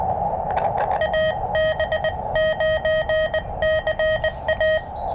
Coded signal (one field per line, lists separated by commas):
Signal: Morse code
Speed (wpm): 20 wpm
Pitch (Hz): 1900 Hz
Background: none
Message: AB9CA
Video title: Partial POTA at US-4567